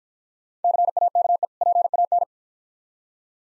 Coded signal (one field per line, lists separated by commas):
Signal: Morse code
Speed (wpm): 49 wpm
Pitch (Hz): 700 Hz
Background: none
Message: CAKE PAN